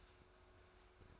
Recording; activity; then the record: daily activity, microphone in the room; start toaster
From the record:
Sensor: 2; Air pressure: 1014.5 hPa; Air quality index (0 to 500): 203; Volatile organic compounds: 23 ppm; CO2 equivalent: 2785 ppm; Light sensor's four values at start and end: 3/9/3/3 and 3/9/3/3